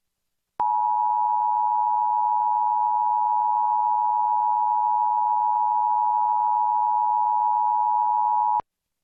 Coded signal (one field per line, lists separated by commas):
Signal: Emergency Alert System (SAME) tones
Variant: 853 and 960 Hz attention tone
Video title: National Emergency Alert System Test (Xfinity 2021)